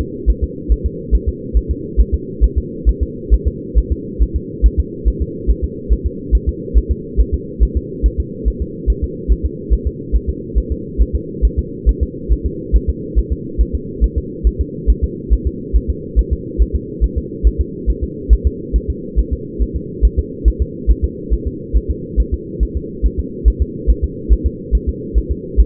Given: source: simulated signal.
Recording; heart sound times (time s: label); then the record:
fetal heart sounds
0.01 s: S2
0.30 s: S1
0.44 s: S2
0.72 s: S1
0.86 s: S2
1.15 s: S1
1.29 s: S2
1.57 s: S1
1.71 s: S2
2.00 s: S1
2.14 s: S2
2.44 s: S1
2.58 s: S2
2.89 s: S1
3.03 s: S2
3.34 s: S1
3.48 s: S2
3.78 s: S1
3.92 s: S2
4.22 s: S1
4.36 s: S2
4.66 s: S1
4.80 s: S2
5.08 s: S1
5.22 s: S2
5.50 s: S1
5.64 s: S2
5.93 s: S1
6.06 s: S2
6.35 s: S1
6.49 s: S2
6.78 s: S1
6.92 s: S2
7.20 s: S1
7.34 s: S2
7.63 s: S1
7.77 s: S2
8.06 s: S1
8.20 s: S2
8.48 s: S1
8.62 s: S2
8.90 s: S1
9.04 s: S2
9.32 s: S1
9.46 s: S2
9.73 s: S1
9.87 s: S2
10.16 s: S1
10.30 s: S2
10.58 s: S1
10.72 s: S2
11.02 s: S1
11.16 s: S2
11.45 s: S1
11.59 s: S2
11.89 s: S1
12.03 s: S2
12.32 s: S1
12.46 s: S2
12.76 s: S1
12.90 s: S2
13.19 s: S1
13.33 s: S2
13.61 s: S1
13.75 s: S2
14.04 s: S1
14.18 s: S2
14.47 s: S1
14.61 s: S2
14.90 s: S1
15.04 s: S2
15.33 s: S1
15.47 s: S2
15.76 s: S1
15.90 s: S2
16.19 s: S1
16.33 s: S2
16.62 s: S1
16.76 s: S2
17.04 s: S1
17.18 s: S2
17.47 s: S1
17.61 s: S2
17.90 s: S1
18.03 s: S2
18.33 s: S1
18.47 s: S2
18.76 s: S1
18.90 s: S2
19.19 s: S1
19.33 s: S2
19.62 s: S1
19.76 s: S2
20.05 s: S1
20.19 s: S2
20.48 s: S1
20.62 s: S2
20.91 s: S1
21.05 s: S2
21.34 s: S1
21.47 s: S2
21.77 s: S1
21.91 s: S2
22.20 s: S1
22.34 s: S2
22.63 s: S1
22.77 s: S2
23.06 s: S1
23.20 s: S2
23.48 s: S1
23.62 s: S2
23.90 s: S1
24.04 s: S2
24.33 s: S1
24.47 s: S2
24.75 s: S1
24.89 s: S2
25.18 s: S1
25.31 s: S2
25.60 s: S1
From the record:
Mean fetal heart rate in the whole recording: 140 bpm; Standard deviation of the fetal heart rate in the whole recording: 2 bpm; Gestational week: 34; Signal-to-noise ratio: -4.1 dB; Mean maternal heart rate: no maternal heart sound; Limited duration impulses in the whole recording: absent